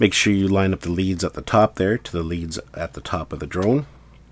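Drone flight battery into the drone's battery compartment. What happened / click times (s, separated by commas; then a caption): The battery is being lined up with its bay and has not clicked in yet / none. A flight battery for a DJI Mini SE drone, plastic going into a plastic body, is lined up so its leads match the contacts at the top of the battery bay at the back of the drone, while someone talks throughout. Nothing has seated or clicked yet; the battery is not yet home in its bay.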